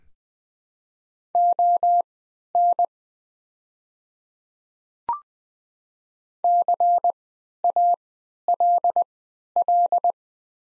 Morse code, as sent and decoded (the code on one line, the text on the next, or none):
--- -. / -.-. .- .-.. .-..
ON CALL